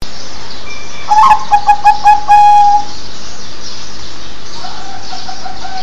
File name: เสียงนกเขาชวา